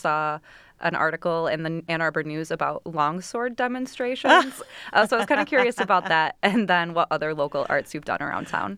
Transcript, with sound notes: We saw an article in the Ann Arbor News about Longsword demonstrations. [LAUGHTER] I was curious about that and then what other local arts you've done around town?